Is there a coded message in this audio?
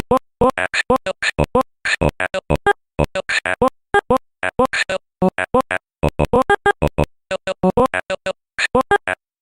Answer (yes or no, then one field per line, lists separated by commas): no